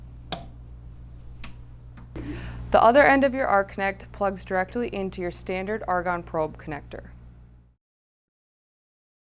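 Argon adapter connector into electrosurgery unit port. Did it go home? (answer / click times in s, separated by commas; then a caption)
yes / 0.3 s, 1.4 s. An Arc Connect argon adapter, its O-ring dabbed with water, is pushed by a gloved hand into the front port of a gi4000 electrosurgery unit while the other hand braces the back of the unit for leverage. Sharp clicks sound at 0.3 s and 1.4 s as the connector seats in place. Someone then talks.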